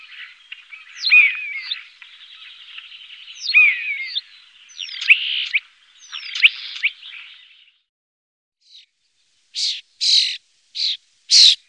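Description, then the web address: Common starling song of sliding whistles and slurred descending notes over a faint steady hiss, ending with a few short harsh bursts after a brief pause. "Faglar Sound Stare"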